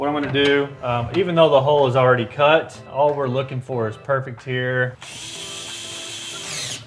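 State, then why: Not seated. Someone talks for about five seconds, then a drill fitted with a 4 mm bit starts at about 5.0 s and whirs steadily to the end, driving the mounting screw of a Focal 1000 series IW6 in-wall speaker whose dog-leg clamp is meant to swing over and grip behind the drywall. Nothing has seated or clicked yet.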